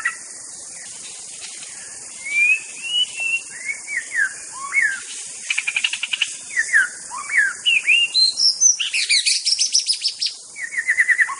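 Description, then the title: White-rumped shama song of fluty rising and falling whistles, a fast rattling stretch, then high sharp notes, over continuous shrill insect noise. Forest. "Suara burung murai batu hutan"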